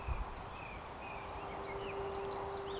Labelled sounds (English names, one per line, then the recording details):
Eurasian Woodcock
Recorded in Baden-Württemberg, Germany, on 13 June 2020 at 19:29 UTC
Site 43791, 788 m above sea level